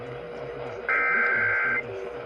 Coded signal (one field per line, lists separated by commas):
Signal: Emergency Alert System (SAME) tones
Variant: header bursts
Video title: [EAS #2677-#2685] Los Angeles County Required Monthly Tests (8/29/23)